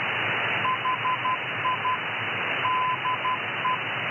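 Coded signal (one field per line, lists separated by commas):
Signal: Morse code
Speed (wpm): 12 wpm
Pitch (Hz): 1000 Hz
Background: radio noise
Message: HI DE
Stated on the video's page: Morse heard via QO-100 (Es'hail-2) satellite using a new ultra-stable Bullseye LNB.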